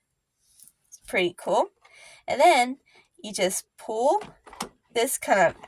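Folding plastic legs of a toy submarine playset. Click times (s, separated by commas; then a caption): 0.6 s, 0.7 s, 0.9 s. The folding plastic legs of an Octonauts Gup I toy submarine playset are pushed back down into their stowed position, clicking into place at 0.6, 0.7 and 0.9 seconds. Someone then talks.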